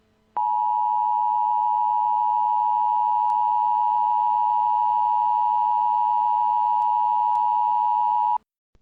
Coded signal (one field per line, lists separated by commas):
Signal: Emergency Alert System (SAME) tones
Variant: 853 and 960 Hz attention tone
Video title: Tornado Emergency EAS Alert Remake | Pasadena, TX Tornado |